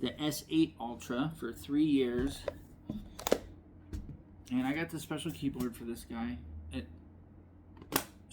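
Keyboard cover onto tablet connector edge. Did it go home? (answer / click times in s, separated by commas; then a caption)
yes / 8.0 s. A keyboard cover is attached to the edge connector of a tablet and snaps into place with a sharp click at 7.9 seconds, giving a firm hold. Someone talks before the attachment.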